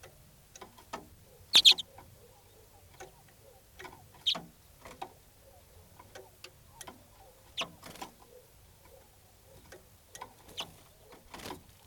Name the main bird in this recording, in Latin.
Carduelis flammea